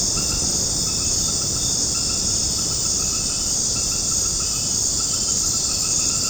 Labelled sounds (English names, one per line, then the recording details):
none
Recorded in secondary vegetation near Puerto Asís, Putumayo, Colombia, on 9 March 2025 at 19:00
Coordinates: 0.481, -76.318
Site G097